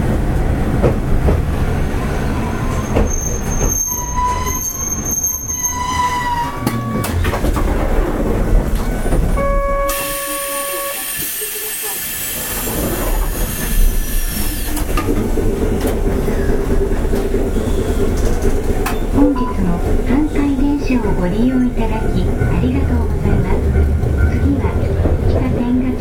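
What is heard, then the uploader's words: A Hankai Tramway 701-series tram runs along with a dense, steady low rumble of motor and wheels. Around 3–6 seconds a bright, chirping tone pulses, and near 10 seconds a clear high tone and a hiss break in while the rumble briefly drops. Later, wavering whining tones rise and fall over the rumble. 阪堺電気軌道701形電車の走行音です。 阪堺線で録音しました。 区間は、我孫子道から恵美須町までです。 It is running sound of train 701 type Hankai Tram Train.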